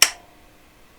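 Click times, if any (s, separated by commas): 0.0 s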